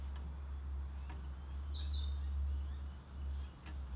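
The rod end of a gas strut, mounted rod end down so it doesn't collect dust and damage the seal, is pushed onto the ball stud of a Scorpion belt grinder's tensioner arm over a steady low hum, faint bird chirps and a brief soft tick near 1.1 s. Nothing has seated or clicked yet by the end of the clip.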